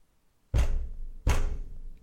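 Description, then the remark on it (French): Two heavy, booming knocks against a door, about three-quarters of a second apart, each leaving a low rumbling tail, from someone who followed the speaker and has been knocking almost nonstop for more than ten hours. No voices are heard. “À l'aube, j'en avais encore jamais vu et pourtant, il m'a suivi et il frappe contre la porte depuis plus de 10 heures.”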